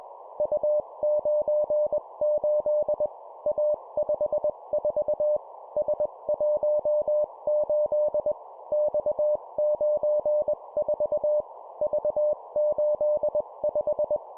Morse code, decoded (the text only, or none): U98 A54 S18 X94 V85